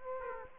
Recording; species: mosquito wingbeat signal from an infrared sensor; Aedes aegypti